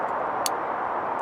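A spring-loaded ball-bearing tool is pushed through the hole in a bank stick (a fishing rod support), a snug fit because of the ball bearing. Against steady broadband background noise, a single sharp, bright click is heard at 0.5 s as it clicks into place. It is seated, with no movement afterwards.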